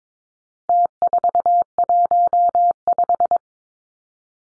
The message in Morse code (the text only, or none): T415